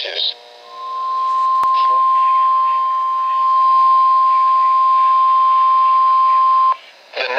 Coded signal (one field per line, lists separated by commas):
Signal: Emergency Alert System (SAME) tones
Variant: 1050 Hz attention tone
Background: speech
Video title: 1 Special Weather Statement + 1 Severe Thunderstorm Watch [EAS #183-#184]